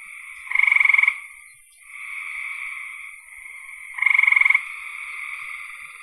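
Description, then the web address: Frog chorus; two bright rattling trills of half a second each, three and a half seconds apart, over continuous softer trills. "cn frogs"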